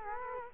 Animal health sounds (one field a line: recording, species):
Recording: mosquito wingbeat signal from an infrared sensor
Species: Culex quinquefasciatus